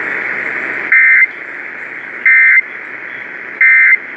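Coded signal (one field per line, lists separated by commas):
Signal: Emergency Alert System (SAME) tones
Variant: end-of-message bursts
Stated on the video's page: Severe weather NOAA Weather Radio alerts compilation.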